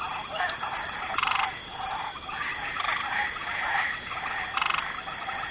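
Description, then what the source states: Frog chorus of scattered rattling croaks, a few louder pulsed bursts standing out above constant high-pitched insect drone. Swamp ambience with a light chorus of frogs.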